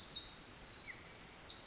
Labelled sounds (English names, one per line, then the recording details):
Pacific Wren
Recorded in Sonoma County, California